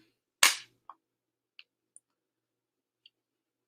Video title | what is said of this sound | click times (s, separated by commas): Beatrice Bunny Tutorial - Machine Embroidery | and then i finish clicking it down | 0.4 s, 0.9 s, 1.6 s, 2.0 s